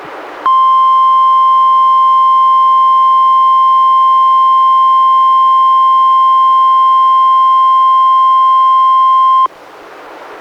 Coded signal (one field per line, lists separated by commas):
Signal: Emergency Alert System (SAME) tones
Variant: 1050 Hz attention tone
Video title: EAS #106-108: 3 NWR Required Weekly Tests- Apr. 20-May 4, 2016